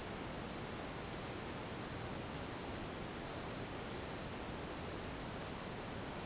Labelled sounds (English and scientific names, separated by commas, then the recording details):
none
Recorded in dense forest near Puerto Asís, Putumayo, Colombia, on 23 June 2025 at 16:30
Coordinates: 0.484, -76.317
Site G045